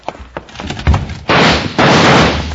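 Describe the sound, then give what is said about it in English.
A back door bangs and clatters with a few sharp wooden knocks as someone goes out through it, followed by a loud, steady rush of noise that swells twice and holds to the end. “Somebody went out the back door.”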